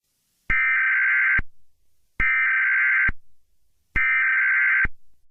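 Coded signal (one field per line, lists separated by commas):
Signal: Emergency Alert System (SAME) tones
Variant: header bursts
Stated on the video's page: Fictional EAS scenario.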